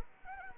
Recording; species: mosquito wingbeat signal from an infrared sensor; Anopheles arabiensis